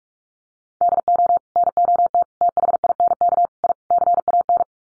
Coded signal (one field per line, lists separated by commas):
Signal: Morse code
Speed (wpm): 44 wpm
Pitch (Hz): 700 Hz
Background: none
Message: DO NOT THINK I CAN